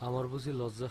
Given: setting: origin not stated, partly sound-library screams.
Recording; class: one-second piece from a danger detection set; normal situation